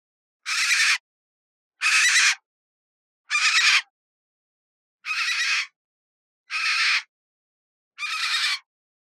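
Major Mitchell's cockatoo giving six harsh, raspy squawks, each about half a second long, spaced roughly every one and a half seconds, with silence between them.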